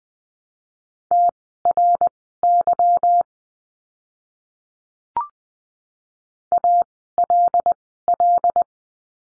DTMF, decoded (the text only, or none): none